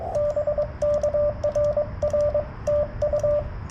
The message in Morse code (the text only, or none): BK RR TU